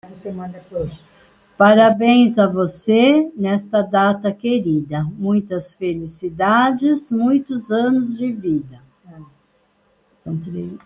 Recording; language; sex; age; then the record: short text; Brazilian Portuguese; female; 70 to 79 years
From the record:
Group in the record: control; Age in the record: 73 years